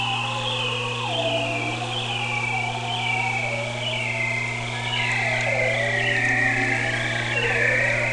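Whale calls: long gliding moans and whistles that rise and fall in overlapping tones, over a steady low hum.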